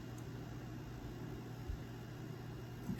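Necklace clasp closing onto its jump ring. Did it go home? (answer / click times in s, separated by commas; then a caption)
no / none. A metal necklace clasp is handled and lined up with its jump ring before it locks. Only a steady low hum is heard, with faint soft touches near 1.7 and 2.9 seconds. Nothing has clicked or locked into place yet.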